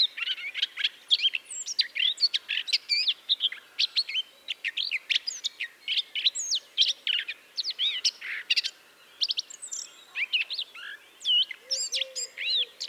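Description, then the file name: Eurasian blackcap singing a long, busy warble of high chirps, looping whistles and twitters that runs almost without a break. "Sylvia atricapilla"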